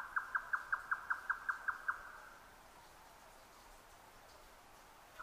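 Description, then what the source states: Grey nightjar song: about ten quick, monotone knocking notes that stop after two seconds, followed by quiet and a single note at the very end. 12 June 2009 at 22:41.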